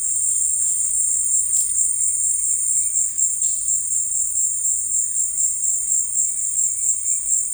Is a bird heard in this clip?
yes